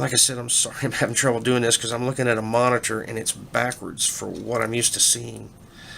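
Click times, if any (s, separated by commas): none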